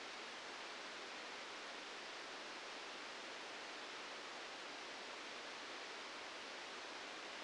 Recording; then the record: brain microelectrode recording played as sound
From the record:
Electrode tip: outside the subthalamic nucleus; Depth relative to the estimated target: 1 mm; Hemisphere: left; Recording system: NeuroSet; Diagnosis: Parkinson's disease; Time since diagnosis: 13 years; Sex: male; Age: 65 years